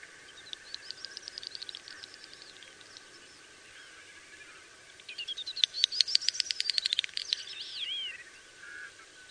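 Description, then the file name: Common snipe calling with high thin ticks, a quiet stretch, then a loud rapid burst of clicks blending into rising and falling twittered sweeps, with faint background hiss. "Beccaccino"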